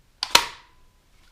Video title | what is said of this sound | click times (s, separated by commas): FN 303 - An Air Powered, Less Lethal FN? We have to see this... | and lines it there and just push it till it snaps in place | 0.2 s, 0.4 s